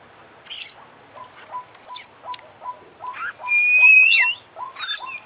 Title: KICAU KACER JUARA INTERNASIONAL FULL ISIAN KOMPLIT